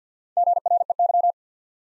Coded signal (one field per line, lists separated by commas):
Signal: Morse code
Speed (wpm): 50 wpm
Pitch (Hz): 700 Hz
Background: none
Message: GREY